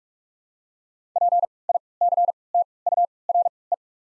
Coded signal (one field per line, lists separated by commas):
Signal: Morse code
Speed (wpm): 41 wpm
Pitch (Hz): 700 Hz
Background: none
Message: P I C T U R E